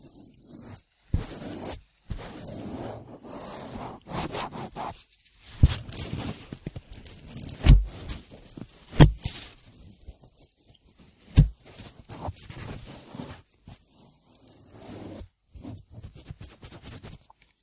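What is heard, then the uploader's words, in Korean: Ear cleaning: soft rustling and scratchy scraping come in short, irregular bursts with brief silent gaps between them. Sharper thumps and crackles stand out near 1, 7.5, 9 and 11.5 seconds, while low rubbing sounds keep returning throughout. 귀청소.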